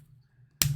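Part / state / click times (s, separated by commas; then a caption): plastic figure part into the figure's body / seated / 0.6 s. A plastic action figure part is pushed down into the figure's body during transformation. After near silence, a sharp click at 0.6 s is followed by a brief bright rattle. The part clicks down and seats in place.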